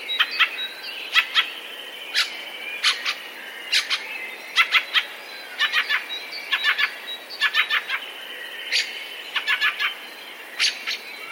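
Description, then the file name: Fieldfare chacking repeatedly, harsh clipped notes about once a second, often doubled or tripled. "turdus pilaris"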